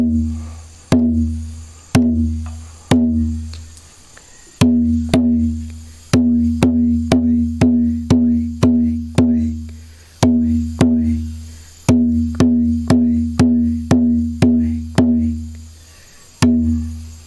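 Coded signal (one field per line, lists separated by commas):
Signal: drum signal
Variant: garamut rhythms on kundu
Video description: Various rhythms were used to convey specific messages. Since there is currently no garamut drum in the speaker's village, the speaker instead uses a (much smaller) kundu drum to demonstrate the different rhythms.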